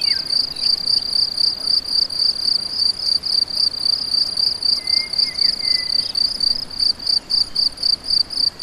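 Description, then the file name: Steady cricket chirping, rapid pulses repeating several times a second, with a brief whistle midway. Several crickets; recorded on an MZ-N710; dated 7 05 14. "MZ-N 710 Grillons 7 05 14"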